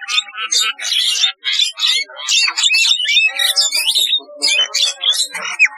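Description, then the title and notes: Starling sings a loud, varied jumble of whistles, chatters and squeaky notes, with rapid bursts and brief pauses throughout. "Kicau Burung Jalak"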